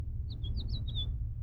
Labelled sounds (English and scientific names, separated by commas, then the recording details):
House Finch (Haemorhous mexicanus) song
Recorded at Lawrence on Long Island, New York, on 4 June 1975
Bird F